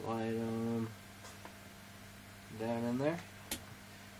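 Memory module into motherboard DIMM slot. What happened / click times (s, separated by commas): A plastic retention latch snapped shut as the module seated / 3.5 s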